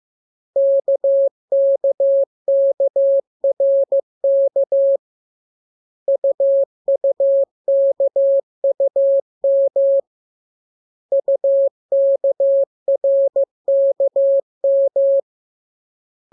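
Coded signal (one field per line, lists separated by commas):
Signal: Morse code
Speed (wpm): 15 wpm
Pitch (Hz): 550 Hz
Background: none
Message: KKKRK UUKUM UKRKM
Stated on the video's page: Morse lesson for the letters K, M, U and R, sent as a radiogram that opens with VVV and a section sign and closes with AR.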